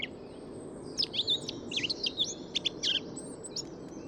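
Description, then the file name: Eurasian blackcap singing quick bursts of varied, scratchy high warbled notes with short gaps, over a low steady background rumble. "Sylvia atricapilla"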